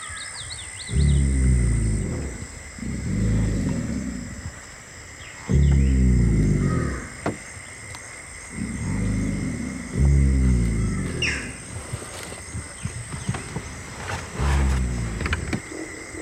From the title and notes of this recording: Alligator Snoring. A real alligator.